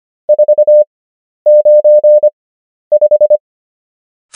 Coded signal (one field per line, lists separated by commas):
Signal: Morse code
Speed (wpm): 25 wpm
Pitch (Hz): 600 Hz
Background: none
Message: 495